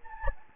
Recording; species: mosquito wingbeat signal from an infrared sensor; Anopheles gambiae